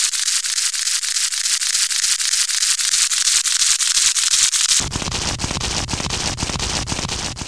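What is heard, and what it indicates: A steady, high-pitched hiss pulses rapidly, about three to four times a second, with a low rumble joining partway through. This is a simulation of tinnitus, the ringing or hissing heard in the ears without any outside sound.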